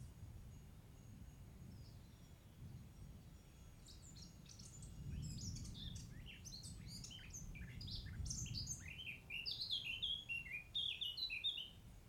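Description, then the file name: Lark song, a rapid, continuous run of high twittering and chirping notes that begins after several seconds of quiet and grows louder, over a steady low rumble. "Leeuwerik"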